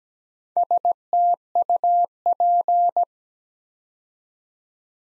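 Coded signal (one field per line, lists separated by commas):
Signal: Morse code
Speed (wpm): 17 wpm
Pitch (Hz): 700 Hz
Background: none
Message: STUP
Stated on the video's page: Morse practice at 17 wpm building six-letter words two letters at a time, for ICR training.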